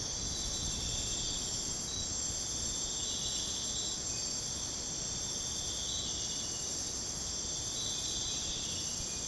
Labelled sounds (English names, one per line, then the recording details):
none
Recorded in dense forest near Puerto Asís, Putumayo, Colombia, on 22 June 2025 at 04:00
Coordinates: 0.486, -76.317
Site G065